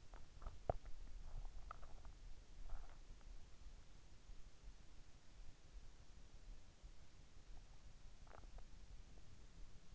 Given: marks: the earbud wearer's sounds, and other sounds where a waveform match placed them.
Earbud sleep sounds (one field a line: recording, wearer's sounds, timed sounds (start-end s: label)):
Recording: sounds in sleep by an in-ear microphone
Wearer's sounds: body movement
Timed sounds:
0.00-3.36 s: body movement